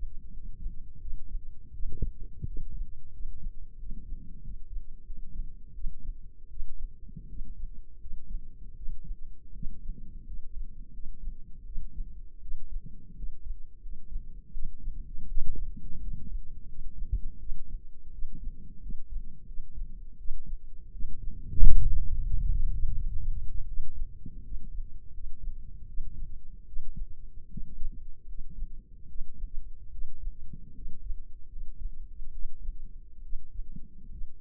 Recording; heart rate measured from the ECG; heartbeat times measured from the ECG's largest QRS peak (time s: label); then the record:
heart sounds by microphone in the left ear; 82 bpm
0.30 s: heartbeat
0.98 s: heartbeat
1.71 s: heartbeat
2.44 s: heartbeat
3.10 s: heartbeat
3.76 s: heartbeat
4.41 s: heartbeat
5.03 s: heartbeat
5.72 s: heartbeat
6.47 s: heartbeat
7.27 s: heartbeat
7.98 s: heartbeat
8.73 s: heartbeat
9.52 s: heartbeat
10.24 s: heartbeat
10.90 s: heartbeat
11.63 s: heartbeat
12.39 s: heartbeat
13.13 s: heartbeat
13.79 s: heartbeat
14.50 s: heartbeat
15.24 s: heartbeat
15.98 s: heartbeat
16.65 s: heartbeat
17.37 s: heartbeat
18.09 s: heartbeat
18.79 s: heartbeat
19.44 s: heartbeat
20.15 s: heartbeat
20.90 s: heartbeat
21.59 s: heartbeat
22.23 s: heartbeat
22.91 s: heartbeat
23.64 s: heartbeat
24.41 s: heartbeat
25.10 s: heartbeat
25.85 s: heartbeat
26.64 s: heartbeat
27.47 s: heartbeat
28.25 s: heartbeat
29.05 s: heartbeat
29.89 s: heartbeat
30.72 s: heartbeat
31.47 s: heartbeat
32.30 s: heartbeat
33.20 s: heartbeat
34.08 s: heartbeat
From the record:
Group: healthy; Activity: rest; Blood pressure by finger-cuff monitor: 115/61 mmHg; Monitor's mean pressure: 74 mmHg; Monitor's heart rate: 82 bpm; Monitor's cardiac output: 6.2 L/min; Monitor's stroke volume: 75 mL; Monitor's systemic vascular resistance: 920 dyn s/cm5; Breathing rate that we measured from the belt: 20 breaths a minute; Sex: male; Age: 20 years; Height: 167 cm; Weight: 61 kg